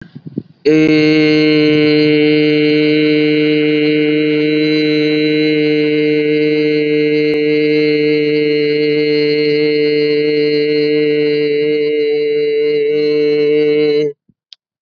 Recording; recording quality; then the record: sustained vowel as in made; excellent, no background noise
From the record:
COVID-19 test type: RT-PCR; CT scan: not taken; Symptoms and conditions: none ticked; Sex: male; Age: 31 years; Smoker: no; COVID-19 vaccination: both doses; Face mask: worn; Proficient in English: yes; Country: India